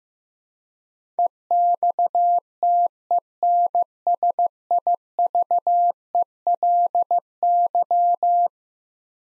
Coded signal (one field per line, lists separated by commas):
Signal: Morse code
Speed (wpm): 15 wpm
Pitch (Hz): 700 Hz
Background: none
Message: EXTENSIVELY